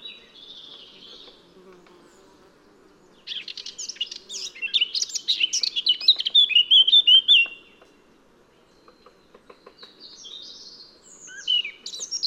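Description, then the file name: Eurasian blackcap singing a rapid, scratchy warble that swells into louder, brighter notes for about four seconds, with softer song fragments before and after and a faint low hum throughout. "Sylvia atricapilla"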